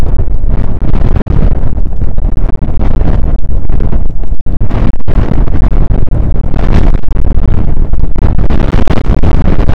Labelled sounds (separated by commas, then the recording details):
wind
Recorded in the Prudhoe Bay oil fields, Alaska, on 1 August 2019 at 02:00
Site 29